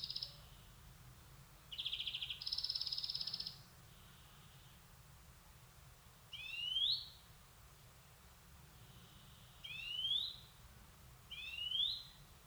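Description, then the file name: European greenfinch giving buzzy trills early on, then three rising wheezes. "Chloris chloris"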